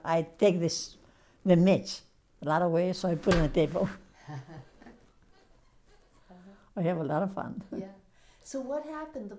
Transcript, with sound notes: I take this match, a lot of ways, I put it on the table. [laughs] I have a lot of fun!
Yeah. So what happened?